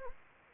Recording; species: mosquito wingbeat signal from an infrared sensor; Anopheles gambiae